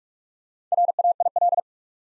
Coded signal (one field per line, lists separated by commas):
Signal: Morse code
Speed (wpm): 44 wpm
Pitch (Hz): 700 Hz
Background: none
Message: RAIL